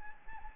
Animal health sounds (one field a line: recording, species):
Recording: mosquito wingbeat signal from an infrared sensor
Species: Anopheles gambiae